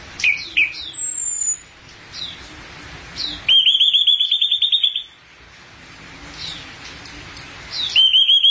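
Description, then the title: Thrush singing with quick descending chirps, a rapid rattling trill held for over a second, high thin whistles, and a second trill near the end. "burung anis x"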